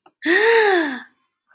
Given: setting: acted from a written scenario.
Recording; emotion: vocal sound without words; positive surprise